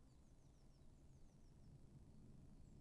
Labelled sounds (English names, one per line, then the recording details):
Eurasian Blue Tit
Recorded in Germany
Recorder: ecoPi